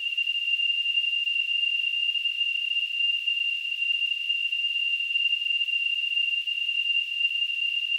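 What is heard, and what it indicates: Simulated tinnitus: a synthetic, steady ringing tone.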